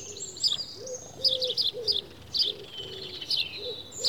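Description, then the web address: House Sparrow chirps: bright, short notes given in quick irregular bursts, with softer low notes beneath. "The BBC Sound Effects Library. House Sparrow (Passer Domesticus)"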